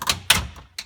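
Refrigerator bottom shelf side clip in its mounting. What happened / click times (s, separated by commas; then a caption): A plastic clip pops loose from its mount / 0.3 s. A screwdriver pries at the plastic side clip holding the bottom glass shelf or drawer of a Samsung RF31FME French-door refrigerator, which is being removed for cleaning. After a couple of light scraping clicks, the clip pops loose with a sharp snap at 0.3 s, releasing it. A second, quieter click follows near 0.8 s.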